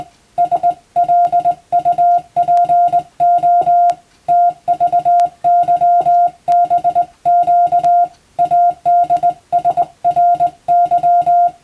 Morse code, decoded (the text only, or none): SLUPO TVYBQ ADSRY